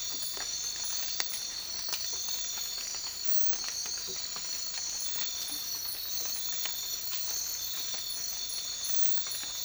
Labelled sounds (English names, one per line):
none